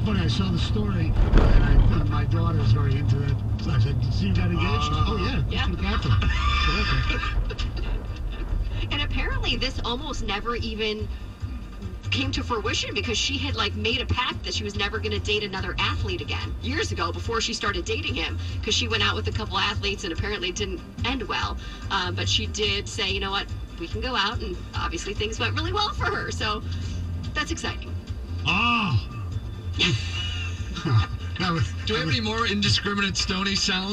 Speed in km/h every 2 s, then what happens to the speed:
35, 34, 24, 16, 6, 0, 0, 0, 0, 0, 0, 0, 0, 0, 0, 0, 0.
0-9 brakes to 0. 9-34 standing.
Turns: none.